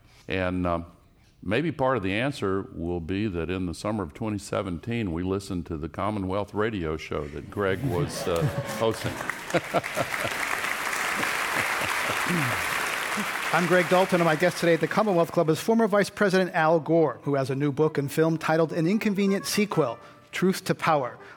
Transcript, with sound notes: And maybe part of the answer will be that in the summer of 2017 we listen to the Commonwealth radio show that Greg was hosting.
[Applause]
I'm Greg Dalton and my guest today at the Commonwealth Club is former Vice President Al Gore, who has a new book and film titled, An Inconvenient Sequel: Truth to Power.